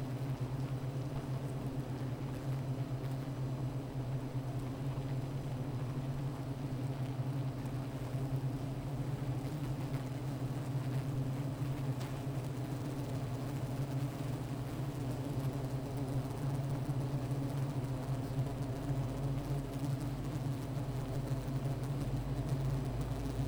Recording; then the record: honeybee colony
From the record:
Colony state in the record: missing queen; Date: 14 July 2017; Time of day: 15:20